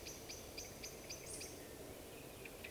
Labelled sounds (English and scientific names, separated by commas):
Eurasian Woodcock (Scolopax rusticola) whistle